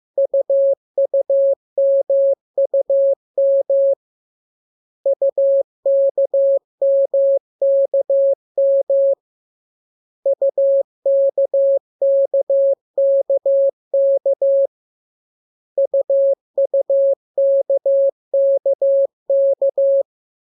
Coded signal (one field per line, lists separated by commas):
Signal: Morse code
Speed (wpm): 15 wpm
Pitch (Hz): 550 Hz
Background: none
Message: UUMUM UKMKM UKKKK UUKKK